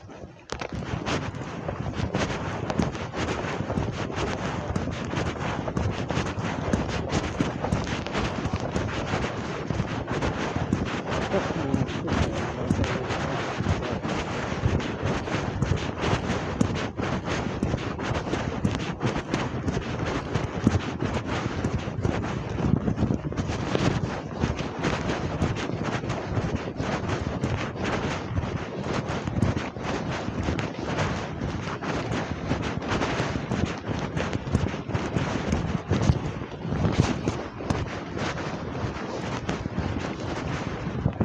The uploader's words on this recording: Shorty's regular weekly shopping trip starts with a long walk out on a grey and wet Saturday morning.